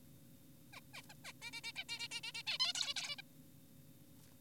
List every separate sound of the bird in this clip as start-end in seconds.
0.73-0.80, 0.94-1.02, 1.10-1.14, 1.25-1.32, 1.42-1.51, 1.53-1.61, 1.64-1.72, 1.76-1.84, 1.89-2.08, 2.11-2.20, 2.24-2.32, 2.35-2.43, 2.47-2.58, 2.60-2.73, 2.75-2.94, 2.96-3.16, 3.18-3.22